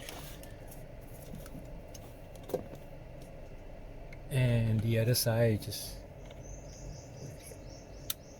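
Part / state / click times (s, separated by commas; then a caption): DSP wiring harness connector into factory amplifier harness connector / seated / 8.1 s. A plastic plug-and-play DSP wiring harness connector is pushed by hand into the factory amplifier harness connector on the other side, during a DSP sound upgrade of a 2020+ Kia Carnival KA4 with the Bose 12-speaker system. After quiet handling ticks and a short stretch where someone talks, a sharp click sounds at 8.1 s. The connector is seated.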